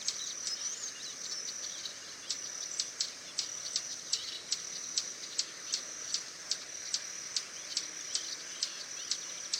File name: Canto do beija flor tesoura